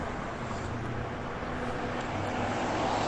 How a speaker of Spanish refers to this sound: Ah, un carro, muy bien.